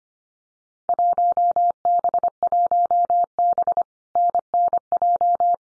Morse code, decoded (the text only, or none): 1B1B NNJ